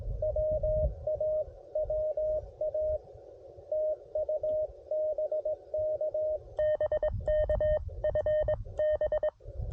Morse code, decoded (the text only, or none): WA WA TU BK BK FB